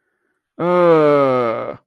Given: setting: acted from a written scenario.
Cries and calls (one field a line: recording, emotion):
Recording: vocal sound without words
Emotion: disappointment